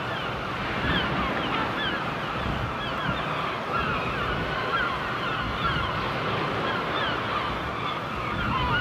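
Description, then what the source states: A gull chorus of many faint, overlapping squeals runs throughout over a continuous noisy background. Gulls on the shore.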